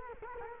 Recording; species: mosquito wingbeat signal from an infrared sensor; Culex quinquefasciatus